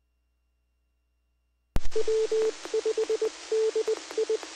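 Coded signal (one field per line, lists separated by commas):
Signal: Morse code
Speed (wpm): 20 wpm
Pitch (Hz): 440 Hz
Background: none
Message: W5DI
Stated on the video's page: Amateur radio repeater feed from central Arkansas, 2 m and 70 cm, carrying general traffic and Skywarn or ARES nets during severe weather.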